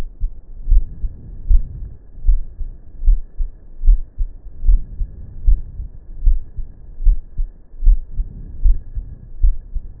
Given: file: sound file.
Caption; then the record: Heart sound recorded in a patient of Type I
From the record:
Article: A two-stage amplified PZT sensor for monitoring lung and heart sounds in discharged pneumonia patients